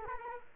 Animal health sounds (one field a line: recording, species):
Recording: mosquito wingbeat signal from an infrared sensor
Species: Culex quinquefasciatus